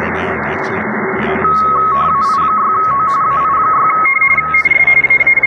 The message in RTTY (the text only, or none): AI6O AI6O